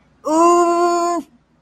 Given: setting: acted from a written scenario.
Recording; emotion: vocal sound without words; embarrassment